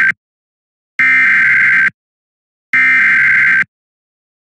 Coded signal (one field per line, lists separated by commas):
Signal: Emergency Alert System (SAME) tones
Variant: header bursts